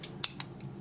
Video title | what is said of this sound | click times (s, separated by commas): Rob A Reviews Fansproject Diesel (Intimidator) | they'll lock into place, which | 0.2 s